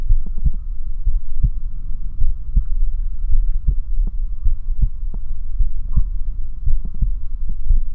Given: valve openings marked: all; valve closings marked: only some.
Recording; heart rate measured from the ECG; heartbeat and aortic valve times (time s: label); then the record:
heart sounds by stethoscope; 55 bpm
0.11 s: heartbeat (ECG mark)
0.22 s: aortic valve opens (echo mark)
0.47 s: aortic valve closes (echo mark)
1.09 s: heartbeat (ECG mark)
1.19 s: aortic valve opens (echo mark)
1.46 s: aortic valve closes (echo mark)
2.23 s: heartbeat (ECG mark)
2.33 s: aortic valve opens (echo mark)
2.58 s: aortic valve closes (echo mark)
3.34 s: heartbeat (ECG mark)
3.43 s: aortic valve opens (echo mark)
3.71 s: aortic valve closes (echo mark)
4.47 s: heartbeat (ECG mark)
4.57 s: aortic valve opens (echo mark)
4.83 s: aortic valve closes (echo mark)
5.62 s: heartbeat (ECG mark)
5.71 s: aortic valve opens (echo mark)
5.98 s: aortic valve closes (echo mark)
6.68 s: heartbeat (ECG mark)
6.78 s: aortic valve opens (echo mark)
7.05 s: aortic valve closes (echo mark)
7.72 s: heartbeat (ECG mark)
7.80 s: aortic valve opens (echo mark)
From the record:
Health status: healthy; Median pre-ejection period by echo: 99 ms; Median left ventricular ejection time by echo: 271 ms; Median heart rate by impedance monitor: 56 bpm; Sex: male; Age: 20 years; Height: 178 cm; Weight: 77 kg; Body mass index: 24.30